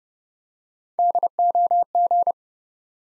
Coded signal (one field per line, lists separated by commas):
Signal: Morse code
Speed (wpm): 30 wpm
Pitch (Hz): 700 Hz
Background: none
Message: DOG